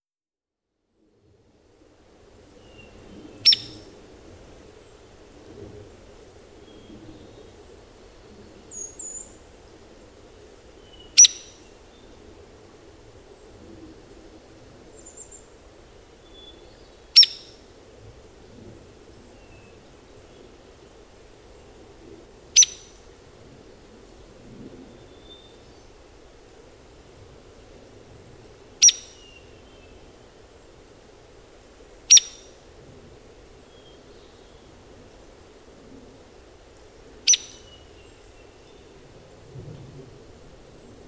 Hairy Woodpecker call recorded on the Fern Lake Trail in Rocky Mountain National Park.